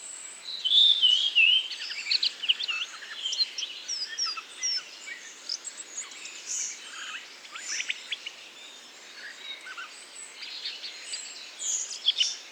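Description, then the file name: Redwing subsong, a busy continuous babble of squeaky, twittering and scratchy notes, rising and falling in quick irregular bursts, over faint background hiss. Solitary redwing giving babbling subsong (babil) in Bois du Puech; recorded with Telinga. "grive-mauvis-babil-solitaire-version-1-extrait-bois-du-puech-F 4 telinga"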